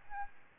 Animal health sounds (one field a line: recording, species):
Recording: mosquito wingbeat signal from an infrared sensor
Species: Aedes albopictus